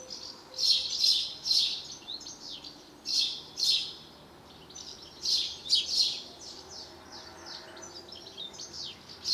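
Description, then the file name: House sparrow call, loud clustered chirps in irregular bursts of two or three, pausing briefly between groups. "Passer domesticus"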